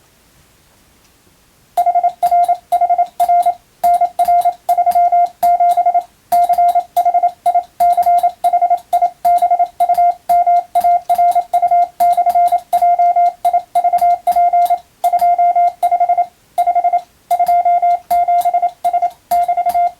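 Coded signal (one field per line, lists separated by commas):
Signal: Morse code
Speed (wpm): 27 wpm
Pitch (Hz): 700 Hz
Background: radio noise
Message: HRHR NR37 CHICHIBUMARU/JIVP 25 5 27S <BT>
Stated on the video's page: Morse receiving practice sent by hand with a key, using a telegram practice book.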